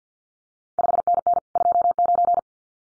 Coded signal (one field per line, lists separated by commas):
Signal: Morse code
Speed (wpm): 50 wpm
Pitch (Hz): 700 Hz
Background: none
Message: 5NN 29